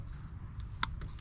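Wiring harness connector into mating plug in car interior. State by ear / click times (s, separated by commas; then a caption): seated / 0.8 s. A wiring harness connector is worked back onto its mating plug in a car interior, during a build fitting a 1992 Roadmaster dashboard into a 1993 Chevy Caprice. A sharp click at 0.8 s shows the connector seated, over a steady high-pitched tone and low background rumble.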